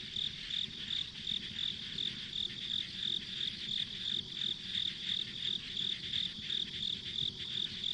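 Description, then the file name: Insects give a rapid pulsed chirp, steady and even, layered over a dense high-pitched buzz. Ambient insect sounds along a rural country road. "田舎道の虫の環境音"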